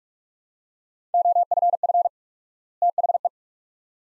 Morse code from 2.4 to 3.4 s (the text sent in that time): THE